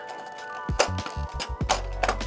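The front of a plastic printer housing panel on an Epson ET-8550 is worked over a lip on the printer body until it engages. Sharp plastic clicks sound at 0.8 s and 2.0 s, with smaller taps between them over steady background music. The panel front clips over the lip and seats.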